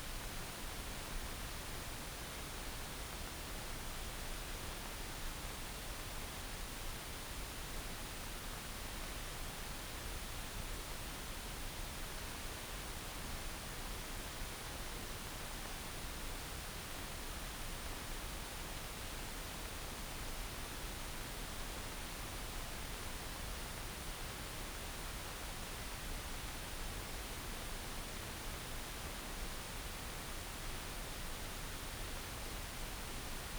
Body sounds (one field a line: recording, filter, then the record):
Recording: brain microelectrode recording played as sound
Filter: wide band, above 20 Hz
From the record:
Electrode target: subthalamic nucleus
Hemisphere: right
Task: reaching with the left hand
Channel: 1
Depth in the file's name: 5.102 mm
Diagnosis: Parkinson's disease